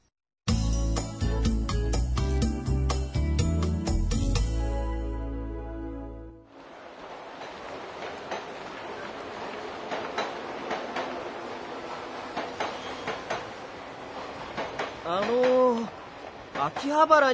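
A short tonal jingle plays, then gives way to busy train station ambience at a local station for a trip to Akihabara: a steady rumble with clattering, a passing train, and rising-and-falling whining tones near the end.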